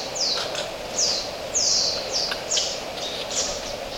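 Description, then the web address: Oilbird calls: several harsh, high downward-swept screeches following in quick succession, with faint clicks between them over a steady background hiss. "Oilbird. صدای مرغ روغنی"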